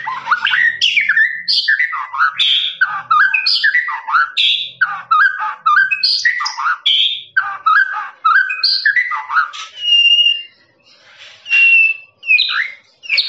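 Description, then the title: Lovebird song, a fast run of harsh chattering and whistled notes jumping between pitches, ending with a few long clear whistles and short pauses. Long trilling ngekek song of a lovebird, used as a master recording for training birds. "FULL DURASI MASTERAN LOVEBIRD NGEKEK PANJANG"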